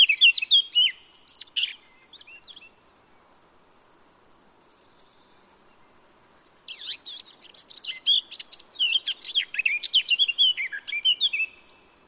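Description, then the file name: Eurasian blackcap song: a burst of rapid, varied warbling, then a pause of about four seconds, then a longer, richer warbled phrase with fluty whistles. "Sylvia atricapilla"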